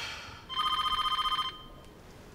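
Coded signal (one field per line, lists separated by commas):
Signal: none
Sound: phone ringtone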